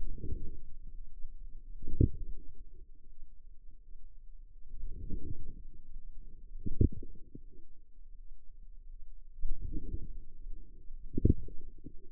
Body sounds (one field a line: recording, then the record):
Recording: forearm muscle sounds (acoustic myography)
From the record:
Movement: outward rotation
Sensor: system 2, bracelet of six BSWA MPA416 microphones around the upper forearm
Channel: 1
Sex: female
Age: 23 years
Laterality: right